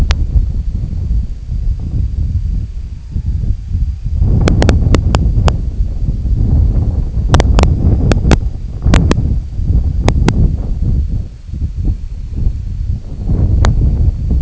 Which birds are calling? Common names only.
Semipalmated Sandpiper, Red-throated Loon